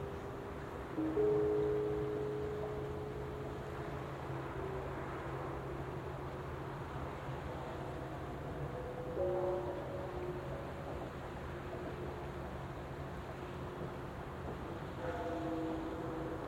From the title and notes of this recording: New Year's eve recording in a field in Japan. We can hear temple bells, traffic, trains, and other sounds. Recorded with an Audio-Technica BP4025 stereo microphone and a Tascam DR-70D recorder mounted on a tripod.